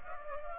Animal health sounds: mosquito wingbeat signal from an infrared sensor; Culex pipiens

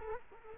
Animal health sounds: mosquito wingbeat signal from an infrared sensor; Culex quinquefasciatus

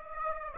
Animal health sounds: mosquito wingbeat signal from an infrared sensor; Aedes aegypti

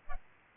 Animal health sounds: mosquito wingbeat signal from an infrared sensor; Culex pipiens

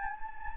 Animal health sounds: mosquito wingbeat signal from an infrared sensor; Anopheles gambiae

